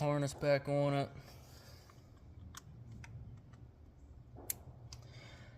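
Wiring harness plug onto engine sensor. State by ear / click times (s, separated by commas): seated / 4.5 s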